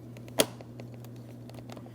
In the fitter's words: I heard my audible clicks.